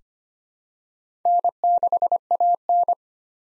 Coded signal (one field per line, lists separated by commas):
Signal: Morse code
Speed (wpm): 25 wpm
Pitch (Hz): 700 Hz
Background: none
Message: N6AN